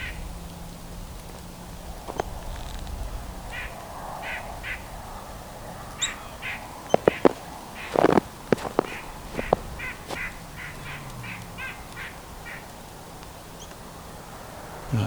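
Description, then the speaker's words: White-breasted Nuthatch giving nasal notes in short quick series, over steady background hiss with several sharp clicks. More talkative than usual; on a roadside beside a woodlot with cedars, poplar, birch and maple. "That's the white-breast nuthatch. Not usually this talkative, but I'll take it."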